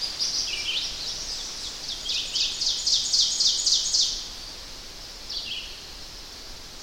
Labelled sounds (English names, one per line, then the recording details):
Ovenbird song
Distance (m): 25 m
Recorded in boreal forest in Alberta, Canada, on 10 June 2016 at 07:01
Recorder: SongMeter 3, array SBT-3-39
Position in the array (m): 232 m, 96 m
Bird 17